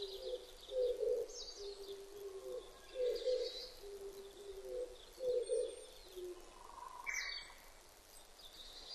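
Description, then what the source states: Oriental turtle dove cooing in low, husky paired notes, the phrase repeating steadily, while faint chirps from other birds sound in the background. Recorded on 19 April 2005.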